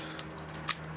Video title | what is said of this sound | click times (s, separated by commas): BRAVA Metro EL Series Leverset EL6000 Dr Lock Shop | Okay, you'll hear it click in. | 0.7 s